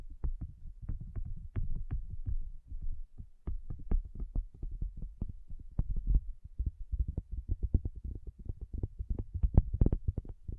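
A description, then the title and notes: Soft tapping goes on without a break: quick, uneven knocks several times a second, mostly dull and low like fingertips on a hollow surface. A few taps land with a sharper click, and the pace grows busier and slightly louder near the end. ASMR 1 Hour Tapping Session (No Talking).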